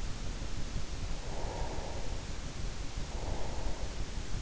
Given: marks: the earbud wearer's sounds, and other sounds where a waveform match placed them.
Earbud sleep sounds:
sounds in sleep by an in-ear microphone; breath
1.13-4.03 s: breath

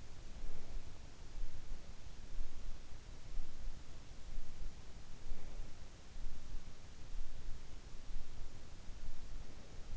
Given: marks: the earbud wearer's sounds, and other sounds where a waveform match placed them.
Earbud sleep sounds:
sounds in sleep by an in-ear microphone; breath
0.00-1.64 s: breath
4.50-5.92 s: breath

